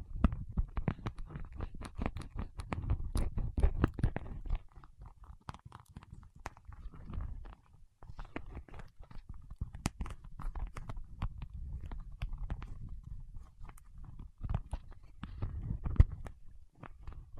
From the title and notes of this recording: ASMR with Wax Fingertips for Sleep (No Talking).